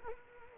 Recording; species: mosquito wingbeat signal from an infrared sensor; Culex quinquefasciatus